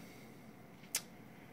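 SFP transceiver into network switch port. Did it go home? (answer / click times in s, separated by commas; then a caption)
yes / 0.9 s. A 10 gigabit SFP optical transceiver, its latch left open until the fiber optic cable goes in, is slid into the SFP cage of a network switch over a steady low hum. A single short, bright click sounds at 1.0 seconds as it clicks into place, and the transceiver is seated.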